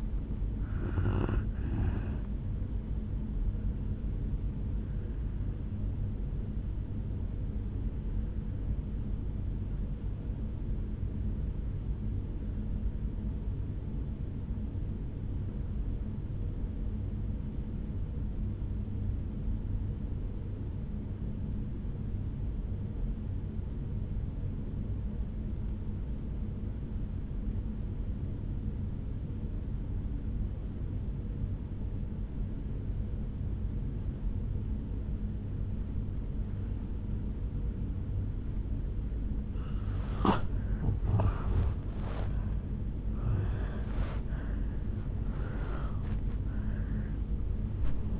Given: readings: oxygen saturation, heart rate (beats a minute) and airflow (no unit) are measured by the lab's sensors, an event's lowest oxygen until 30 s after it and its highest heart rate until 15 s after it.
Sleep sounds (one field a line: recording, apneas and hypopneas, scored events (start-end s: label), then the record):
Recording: breathing in sleep by a smartphone at the bedside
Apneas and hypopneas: 1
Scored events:
7.00-40.00 s: obstructive apnea (N1, oxygen 97% highest, then 83% lowest, heart rate 60 at the start, 77 highest)
26.00-48.20 s: new sleep stage, N2 (light sleep)
From the record:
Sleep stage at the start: N1 (lightest sleep)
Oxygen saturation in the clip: 84 to 97%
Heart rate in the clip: 53 to 77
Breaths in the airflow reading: 5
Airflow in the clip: -10.0 to 10.8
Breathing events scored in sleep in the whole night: 449 in 7.0 hours asleep